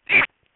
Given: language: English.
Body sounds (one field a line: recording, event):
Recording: throat vibration sensor signal played as sound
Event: swallow